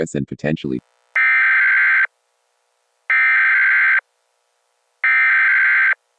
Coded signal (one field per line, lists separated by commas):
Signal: Emergency Alert System (SAME) tones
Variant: header bursts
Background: speech